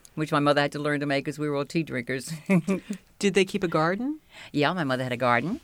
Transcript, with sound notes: which my mother had to learn to make, because we were all tea drinkers. ( she laughs )
Did they keep a garden?
Yeah, my mother had a garden.